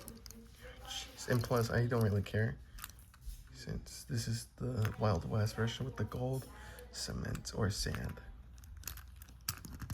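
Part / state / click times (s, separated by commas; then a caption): toy piece into toy vehicle / not seated / none. Someone talks while trying to fit a plastic or die-cast piece into place on a Take Along Bob the Builder die-cast toy vehicle, a Wild West version with gold cement or sand. Brief taps and clicks of handling are heard between the speech. The piece fails to lock into place, and nothing has seated or clicked yet.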